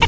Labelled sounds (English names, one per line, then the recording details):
Zebra Finch hat call
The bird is a male
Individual mal11